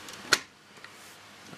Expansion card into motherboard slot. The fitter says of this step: until it clicks okay